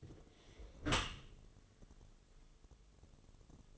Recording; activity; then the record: daily activity, microphone in the room; close dishwasher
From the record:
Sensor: 4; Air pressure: 1015.8 hPa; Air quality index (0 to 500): 103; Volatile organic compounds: 2 ppm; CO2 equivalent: 1150 ppm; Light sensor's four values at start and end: 8/19/7/7 and 8/18/7/7